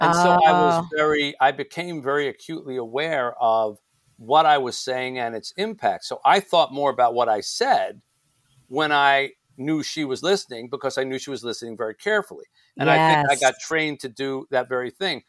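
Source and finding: Adult male speaker. Normal speech.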